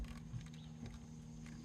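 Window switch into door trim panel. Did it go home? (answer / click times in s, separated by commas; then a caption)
no / none. A power window switch for a 2014 Honda Accord Sport is handled and pushed down into its opening in the plastic door trim panel, making faint handling and rubbing sounds over a steady low hum, with a brief soft bump near 0.9 seconds. The switch has not clicked or seated yet.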